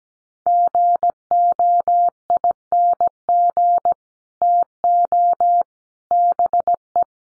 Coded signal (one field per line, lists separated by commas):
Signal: Morse code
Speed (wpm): 17 wpm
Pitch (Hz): 700 Hz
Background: none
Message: GOING TO BE